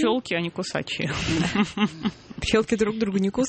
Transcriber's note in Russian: Смеётся